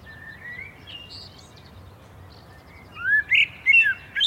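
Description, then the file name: Common blackbird song: a faint fluty whistle early on, then a louder phrase of rising whistles breaking into squeaky high twitters near the end. "Turdus merula"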